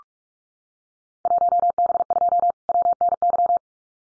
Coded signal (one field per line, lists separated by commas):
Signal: Morse code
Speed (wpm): 46 wpm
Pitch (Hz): 700 Hz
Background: none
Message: 1B2 WNY